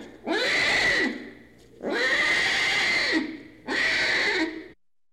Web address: tiger cub crying in cage animal cat